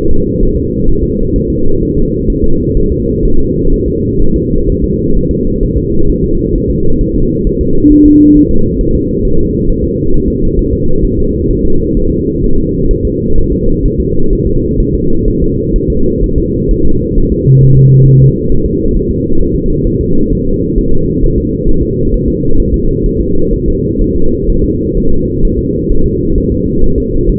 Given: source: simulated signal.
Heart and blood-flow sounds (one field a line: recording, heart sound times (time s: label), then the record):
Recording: fetal heart sounds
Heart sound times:
0.11 s: S2
0.43 s: S1
0.57 s: S2
0.89 s: S1
1.03 s: S2
1.36 s: S1
1.50 s: S2
1.83 s: S1
1.97 s: S2
2.30 s: S1
2.44 s: S2
2.77 s: S1
2.91 s: S2
3.25 s: S1
3.39 s: S2
3.74 s: S1
3.88 s: S2
4.22 s: S1
4.36 s: S2
4.69 s: S1
4.84 s: S2
5.17 s: S1
5.31 s: S2
5.63 s: S1
5.77 s: S2
6.09 s: S1
6.24 s: S2
6.55 s: S1
6.70 s: S2
7.01 s: S1
7.16 s: S2
7.47 s: S1
7.61 s: S2
7.92 s: S1
8.06 s: S2
8.37 s: S1
8.51 s: S2
8.81 s: S1
8.95 s: S2
9.25 s: S1
9.39 s: S2
9.69 s: S1
9.84 s: S2
10.14 s: S1
10.28 s: S2
10.59 s: S1
10.73 s: S2
11.05 s: S1
11.19 s: S2
11.51 s: S1
11.65 s: S2
11.97 s: S1
12.11 s: S2
12.44 s: S1
12.58 s: S2
12.91 s: S1
13.05 s: S2
13.38 s: S1
13.52 s: S2
13.85 s: S1
14.00 s: S2
14.33 s: S1
14.47 s: S2
14.80 s: S1
14.94 s: S2
15.28 s: S1
15.42 s: S2
15.76 s: S1
15.90 s: S2
16.24 s: S1
16.38 s: S2
16.71 s: S1
16.85 s: S2
17.18 s: S1
17.32 s: S2
17.63 s: S1
17.77 s: S2
18.08 s: S1
18.22 s: S2
18.52 s: S1
18.66 s: S2
18.96 s: S1
19.11 s: S2
19.41 s: S1
19.56 s: S2
19.87 s: S1
20.01 s: S2
20.33 s: S1
20.47 s: S2
20.78 s: S1
20.92 s: S2
21.24 s: S1
21.38 s: S2
21.69 s: S1
21.83 s: S2
22.14 s: S1
22.28 s: S2
22.60 s: S1
22.74 s: S2
23.06 s: S1
23.20 s: S2
23.53 s: S1
23.68 s: S2
24.01 s: S1
24.16 s: S2
24.49 s: S1
24.64 s: S2
24.97 s: S1
25.12 s: S2
25.45 s: S1
25.59 s: S2
25.92 s: S1
26.06 s: S2
26.38 s: S1
26.52 s: S2
26.84 s: S1
26.98 s: S2
27.30 s: S1
From the record:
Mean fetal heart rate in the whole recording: 130 bpm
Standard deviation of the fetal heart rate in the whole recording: 4 bpm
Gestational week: 38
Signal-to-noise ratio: -19.1 dB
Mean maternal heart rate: 72 bpm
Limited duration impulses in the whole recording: present